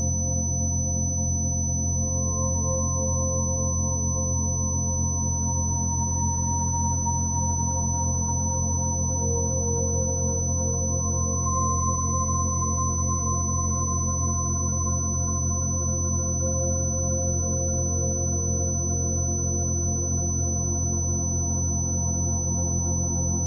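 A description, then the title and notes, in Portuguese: A steady 6000 Hz tone holds unbroken for the whole clip above a loud, constant low hum with faint wavering mid tones. Frequência 6000 Hz.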